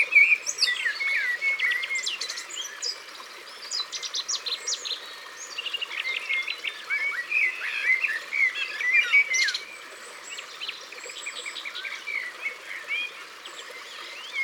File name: Fauvette des jardins Au bord de leau